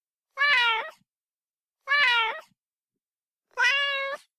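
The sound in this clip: Cat meowing: three drawn-out, rich meows, each about half a second long, spaced roughly one and a half seconds apart, with silence between them.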